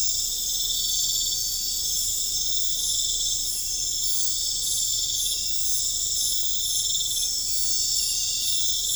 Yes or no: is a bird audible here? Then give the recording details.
no. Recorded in pastures near Puerto Asís, Putumayo, Colombia, on 20 December 2024 at 22:30. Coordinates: 0.496, -76.326. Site G004